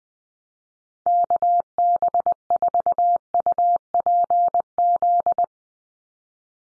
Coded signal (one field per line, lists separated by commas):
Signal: Morse code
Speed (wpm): 20 wpm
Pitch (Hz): 700 Hz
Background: none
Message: KB4UPZ